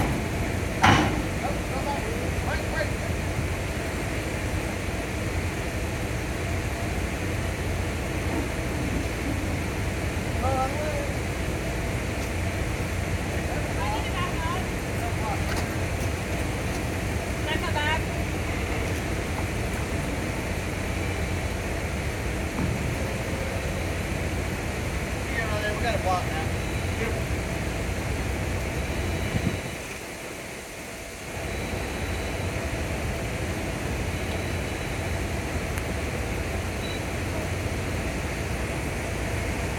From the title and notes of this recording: Getting off the ferry as a pedestrian. Video from a NC ferry passenger, disembarking as a pedestrian. The video shows a column of cars exiting the boat while the pedestrian waits awkwardly on the deck.